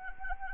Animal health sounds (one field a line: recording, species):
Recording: mosquito wingbeat signal from an infrared sensor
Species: Anopheles arabiensis